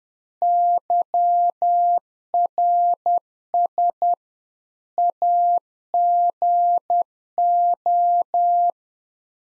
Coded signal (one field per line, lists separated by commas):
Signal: Morse code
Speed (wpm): 10 wpm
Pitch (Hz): 700 Hz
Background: none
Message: YRS AGO